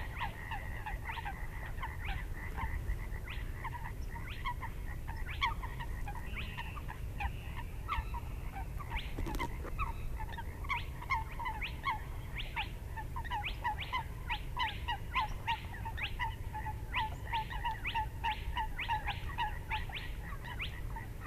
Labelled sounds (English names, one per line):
Spotted Crake